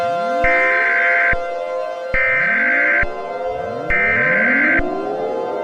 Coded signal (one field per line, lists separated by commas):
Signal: Emergency Alert System (SAME) tones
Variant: header bursts